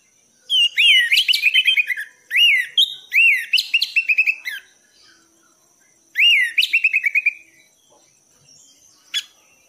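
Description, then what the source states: Thrush song with repeated phrases of a swooping note followed by a quick run of descending chips, pausing between phrases. Song of an 'anis' in the 'gacor teler' style, compiled as a masteran tutor recording for training cage birds.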